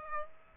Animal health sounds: mosquito wingbeat signal from an infrared sensor; Aedes aegypti

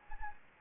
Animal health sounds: mosquito wingbeat signal from an infrared sensor; Anopheles gambiae

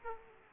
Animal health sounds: mosquito wingbeat signal from an infrared sensor; Aedes aegypti

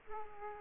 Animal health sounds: mosquito wingbeat signal from an infrared sensor; Culex quinquefasciatus

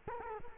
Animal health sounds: mosquito wingbeat signal from an infrared sensor; Culex quinquefasciatus

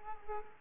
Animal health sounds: mosquito wingbeat signal from an infrared sensor; Aedes aegypti

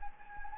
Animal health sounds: mosquito wingbeat signal from an infrared sensor; Anopheles gambiae

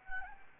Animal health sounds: mosquito wingbeat signal from an infrared sensor; Anopheles gambiae

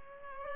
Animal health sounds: mosquito wingbeat signal from an infrared sensor; Culex pipiens

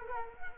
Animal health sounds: mosquito wingbeat signal from an infrared sensor; Culex quinquefasciatus

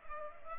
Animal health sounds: mosquito wingbeat signal from an infrared sensor; Culex pipiens

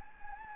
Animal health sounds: mosquito wingbeat signal from an infrared sensor; Anopheles gambiae

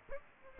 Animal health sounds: mosquito wingbeat signal from an infrared sensor; Aedes aegypti

